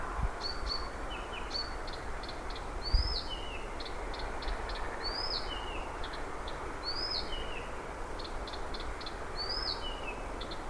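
Blyth's Reed Warbler singing: dry clicks alternating with upslurred and downslurred whistles in a slow, evenly spaced pattern, with constant background hiss.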